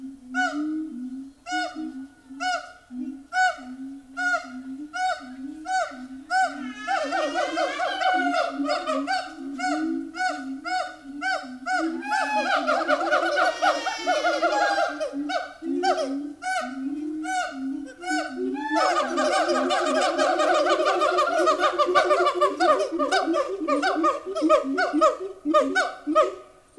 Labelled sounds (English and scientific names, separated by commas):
Siamang (Symphalangus syndactylus)